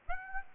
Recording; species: mosquito wingbeat signal from an infrared sensor; Aedes aegypti